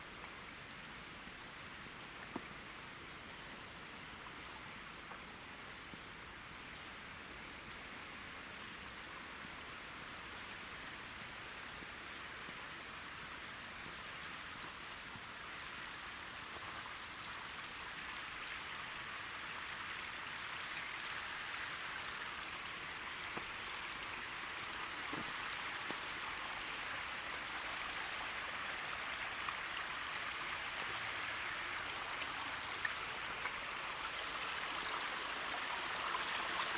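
A winter forest park with a steady, dense hiss like falling rain, slowly growing a little louder across the recording. Short, high chirps repeat every second or two throughout, and a few faint taps and clicks sound here and there.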